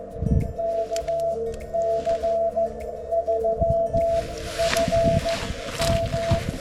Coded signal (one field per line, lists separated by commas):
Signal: Morse code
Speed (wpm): 14 wpm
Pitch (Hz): 670 Hz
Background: none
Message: KC3FM